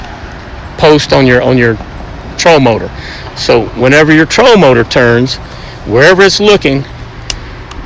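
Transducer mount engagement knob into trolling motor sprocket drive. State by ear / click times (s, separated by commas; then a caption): seated / 7.3 s. Someone talks while the knob on an All Aboard Marine LiveScope transducer mount is turned, dropping the drive into the sprocket tied to the trolling motor post. A sharp click at 7.3 s marks the drive engaging and locking into place, followed by a fainter tick at 7.7 s.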